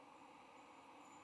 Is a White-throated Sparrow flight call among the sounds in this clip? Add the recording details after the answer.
no. No flight call is heard. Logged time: 08:02 on 22 November 2014